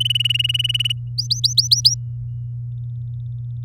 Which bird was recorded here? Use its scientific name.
Serinus canaria